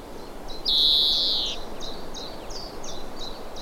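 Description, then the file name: European greenfinch: a single drawn-out, buzzy nasal wheeze lasting nearly a second, with another bird's short high notes repeating behind. "Chloris chloris"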